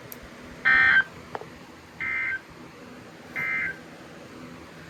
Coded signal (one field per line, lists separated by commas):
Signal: Emergency Alert System (SAME) tones